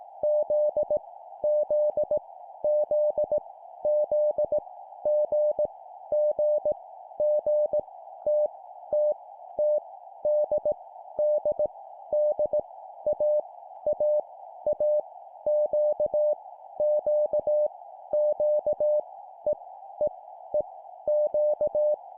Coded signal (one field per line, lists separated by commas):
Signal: Morse code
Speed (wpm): 18 wpm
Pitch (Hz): 600 Hz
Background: none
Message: Z Z Z Z G G G T T T D D D A A A Q Q Q E E E Q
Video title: 17wpm Repeat three times Random Letter, cw morse code